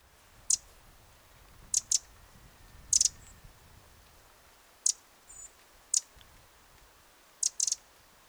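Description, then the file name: Eurasian wren giving sharp high ticking calls, single or doubled, at irregular intervals, against a quiet background. "Troglodytes troglodytes"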